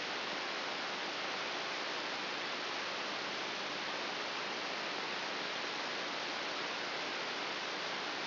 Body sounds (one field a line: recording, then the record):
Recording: brain microelectrode recording played as sound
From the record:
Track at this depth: inside the subthalamic nucleus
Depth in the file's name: 3.402 mm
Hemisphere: right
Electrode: 3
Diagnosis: Parkinson's disease